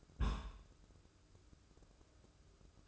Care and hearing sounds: daily activity, microphone in the room; place on stove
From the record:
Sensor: 2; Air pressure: 995.3 hPa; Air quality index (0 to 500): 77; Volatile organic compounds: 3 ppm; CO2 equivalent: 1367 ppm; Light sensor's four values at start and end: 22/73/29/27 and 22/73/29/27

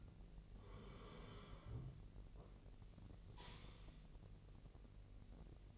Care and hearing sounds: daily activity, microphone in the room; sit down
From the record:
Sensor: 4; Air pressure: 1002.4 hPa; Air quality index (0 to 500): 250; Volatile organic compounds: 39 ppm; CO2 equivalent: 3129 ppm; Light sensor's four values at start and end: 11/25/10/10 and 11/25/10/10

